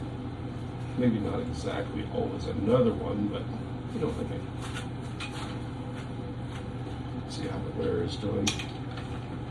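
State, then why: Not seated. Someone talks while cleaning a Valley Armoury SBR 11.5" AR rifle and checking it for wear, handling a rifle component that is being pushed back into the rifle assembly. Light clinks and scrapes rise over a steady low hum. The clip ends before the part goes home, so nothing has seated or clicked yet.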